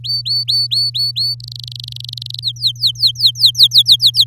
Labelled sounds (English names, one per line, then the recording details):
Domestic Canary song
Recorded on 7 May 2018 at 06:15
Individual llb16